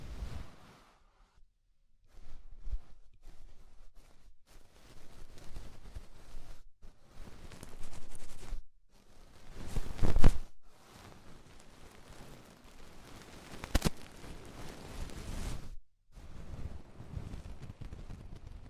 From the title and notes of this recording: ASMR Tingly Ear Cleaning Rhinestone & Clay Removal (No Talking).